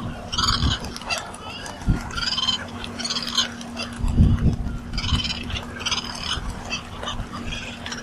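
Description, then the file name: Cape petrel giving harsh, grating cackles in uneven clusters of bursts, over a steady low hum and intermittent rumbling. Elephant Island, November 2013. "Cape Petrel Elephant Island"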